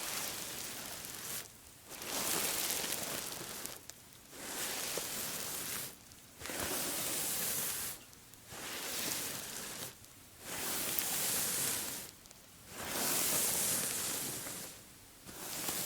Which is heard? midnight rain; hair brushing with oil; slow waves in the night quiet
hair brushing with oil